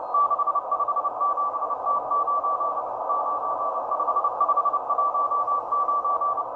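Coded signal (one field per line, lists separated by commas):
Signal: Morse code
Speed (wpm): 29 wpm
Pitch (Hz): 1160 Hz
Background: radio noise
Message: 657T9 95519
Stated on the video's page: Russian M12 Morse spy numbers station received on Tecsun H-501X, Tecsun PL-330 and SDRplay RSPdx via MLA 30 loop and multicoupler.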